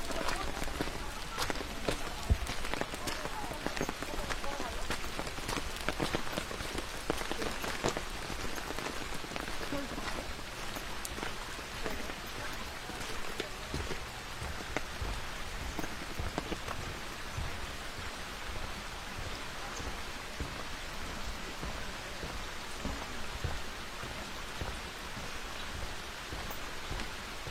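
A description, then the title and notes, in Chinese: Rain falls steadily during a walk along a forest trail, a dense, even patter across the whole 28 seconds. Scattered sharper drops and small crackles pop through it, busier in the first half, over a soft low rumble. 在雨中沿着森林步道漫步。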